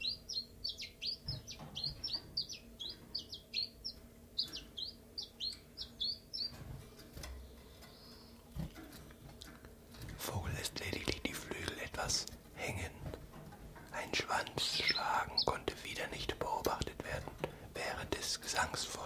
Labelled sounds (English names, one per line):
Common Chiffchaff